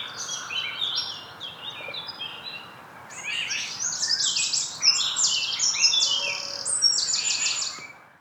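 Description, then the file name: Eurasian wren singing high, rapid tumbling trills that build from a softer start into a dense, ringing run lasting most. "Troglodytes troglodytes"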